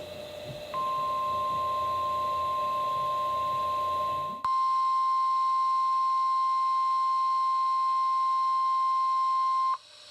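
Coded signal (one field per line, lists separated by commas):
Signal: Emergency Alert System (SAME) tones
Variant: 1050 Hz attention tone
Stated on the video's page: Required weekly test on weather radio station, heard on a Realistic 12-181B receiver with SAME headers and 1050 Hz tone.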